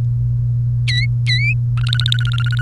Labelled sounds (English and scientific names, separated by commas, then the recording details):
Domestic Canary (Serinus canaria) song
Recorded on 1 May 2018 at 15:39
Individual llb3